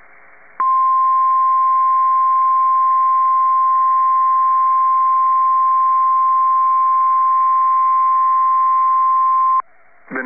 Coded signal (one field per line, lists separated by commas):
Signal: Emergency Alert System (SAME) tones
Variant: 1050 Hz attention tone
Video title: [S-EAS #16/17/20] April 23rd Severe Weather Event (Part 1)